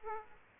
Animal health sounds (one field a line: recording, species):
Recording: mosquito wingbeat signal from an infrared sensor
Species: Aedes aegypti